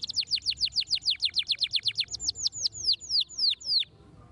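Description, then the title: Canary song: a fast series of sharp downslurred whistled notes, slowing toward the end before stopping. Belgian canary song played to warm up young canaries and make them active and singing. "Canto Para Esquentar Canário Belga. RANGSANGAN SUARA BURUNG KENARI GACOR - BIKIN KENARI MUDA JADI AKTIF BUNYI DAN BERKICAU"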